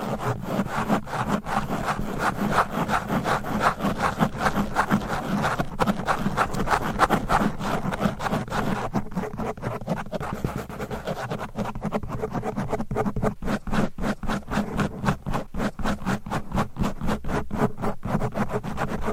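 Microphone scratching with covers and nails: a dense, continuous run of rapid scraping strokes lasting the whole stretch. The texture is gritty and mid-heavy with a steady low rumble underneath, and the strokes sharpen into quicker, more clicking pulses in the second half.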